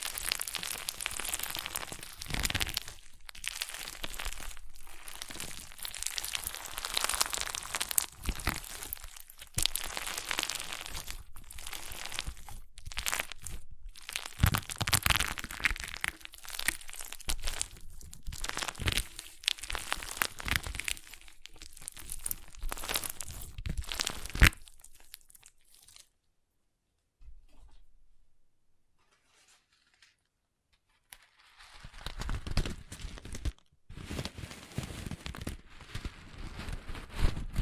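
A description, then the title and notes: Crunchy slime being squeezed and worked gives a dense, continuous run of crackling, popping crunches for about 25 seconds, with brief pauses between squeezes. Near silence follows until around 31 seconds, then the crisp crackling returns for the final stretch. ASMR Satisfying Crunchy Slime (No Talking).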